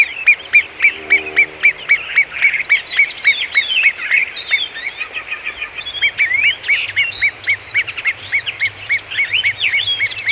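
Great gerbil chorus: rapid arched squeaks from several callers overlapping throughout, keeping a fast, fairly even beat.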